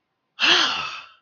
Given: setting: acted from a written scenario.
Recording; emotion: vocal sound without words; negative surprise